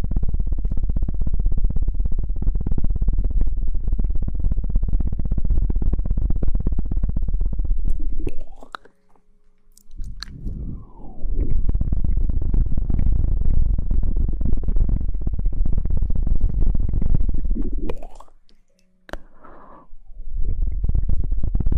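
Mouth sounds: a thick, low, blowing rumble that runs steadily for long stretches. Twice, around 9 and 19 seconds, it cuts out briefly, framed by quick rising and falling whistly sweeps and small clicks before the rumble resumes.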